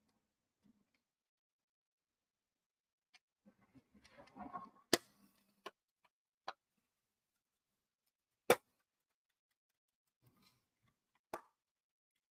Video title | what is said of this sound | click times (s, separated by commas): Build The VW T1 Samba - FINALE ISSUES 117-120 #DeAgostini, #VWT1Samba | there we go some satisfying clicks and there is our surfboard | 4.9 s, 6.5 s, 8.5 s, 11.3 s